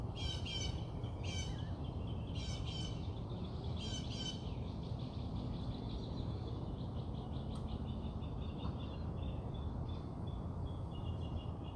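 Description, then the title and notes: Birds singing, bursts of high chirping notes in rapid clusters early on, fading to softer trills, over steady low background noise. Recorded outside the narrator's house. "Bird Songs Part Two. More bird songs outside my house"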